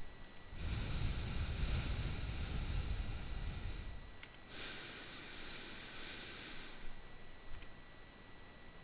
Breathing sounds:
nose breathing near a microphone
0.00-0.28 s: inhalation
0.28-4.25 s: exhalation
4.25-7.57 s: inhalation
From the record:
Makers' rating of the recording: bad

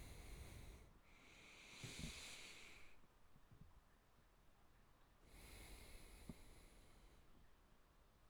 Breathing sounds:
nose breathing near a microphone
0.00-0.94 s: exhalation
0.94-3.12 s: inhalation
5.23-7.69 s: exhalation
From the record:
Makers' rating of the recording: good

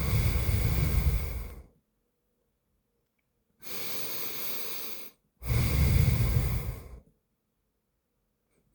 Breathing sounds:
nose breathing near a microphone
0.00-1.53 s: exhalation
3.38-5.13 s: inhalation
5.13-6.88 s: exhalation
8.48-8.75 s: inhalation
From the record:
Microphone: phone

